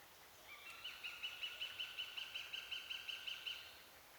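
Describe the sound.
Eurasian goshawk giving an even run of clipped, nasal cackling notes over a soft background hiss.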